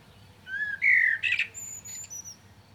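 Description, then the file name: Common blackbird phrase: a smooth fluted whistle followed by a brief harsh burst and a few faint high squeaks. "Turdus merula"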